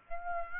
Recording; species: mosquito wingbeat signal from an infrared sensor; Aedes aegypti